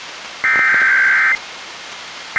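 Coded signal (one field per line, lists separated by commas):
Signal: Emergency Alert System (SAME) tones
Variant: header bursts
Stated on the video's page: Child Abduction Emergency (AMBER Alert) relayed by NOAA Weather Radio station WXM62 Olympia, recorded from a Reecom R-1630 weather radio to a Zoom H1 recorder.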